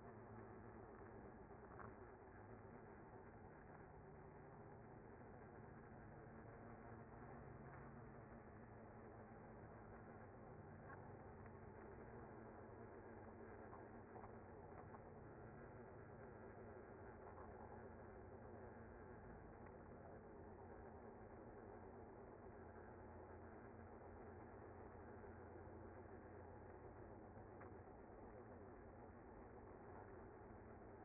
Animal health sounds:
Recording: honeybee colony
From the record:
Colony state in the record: active

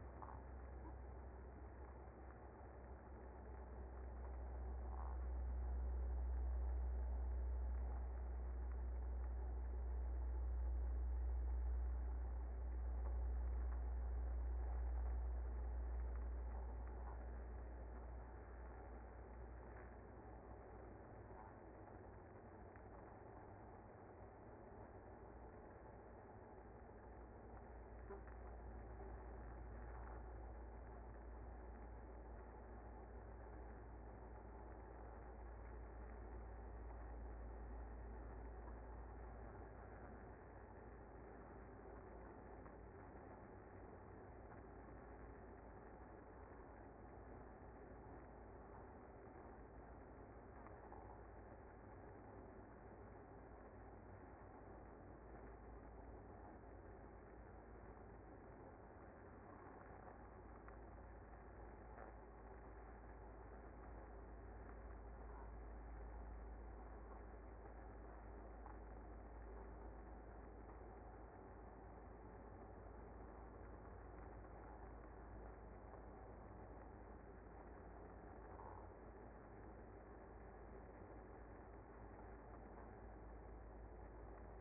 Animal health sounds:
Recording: honeybee colony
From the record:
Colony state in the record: active

